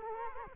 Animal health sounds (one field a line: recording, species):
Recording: mosquito wingbeat signal from an infrared sensor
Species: Culex quinquefasciatus